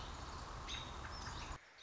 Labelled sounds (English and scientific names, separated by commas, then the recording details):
American Robin (Turdus migratorius)
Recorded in Sonoma County, California